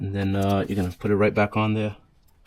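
A heated grip harness connector on a 2021 Honda CB1000R is handled, about to be pushed back onto its mating motorcycle wiring connector. Someone talks for the first two seconds, followed by quiet with a faint tick near 2.3 s. Nothing has seated or clicked yet.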